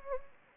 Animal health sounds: mosquito wingbeat signal from an infrared sensor; Anopheles gambiae

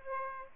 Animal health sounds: mosquito wingbeat signal from an infrared sensor; Aedes aegypti

